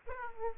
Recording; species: mosquito wingbeat signal from an infrared sensor; Aedes aegypti